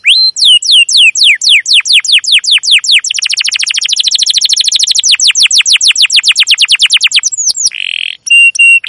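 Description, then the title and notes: Domestic canary song: long series of descending chirps speeding into a continuous rapid trill, finishing with a brief buzzy phrase and whistled notes. Long, emotive chirping canary song used as a lure and master recording for training young canaries to learn the sound. "CUIT CUIT NGEROL LANGSUNG GACOR PANJANG Kenari Ini AMPUH Utk Pancingan KENAR. PANCINGAN Kenari GACOR PANJANG Cuit CUIT EMOSI ini AMPUH utk MASTERAN Kenari PAUD belajar BUNYI. burung kenari"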